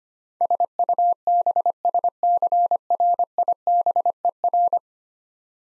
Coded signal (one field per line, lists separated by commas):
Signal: Morse code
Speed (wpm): 25 wpm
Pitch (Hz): 700 Hz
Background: none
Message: SUBSCRIBER